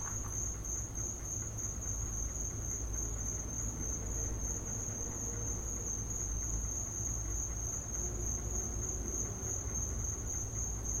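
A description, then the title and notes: Crickets chirr in a back yard, one high, piercing tone held without a break for the whole stretch. Underneath sits a steady low rumble, like traffic, and the overall level stays even from start to finish. These are the crickets in my back yard.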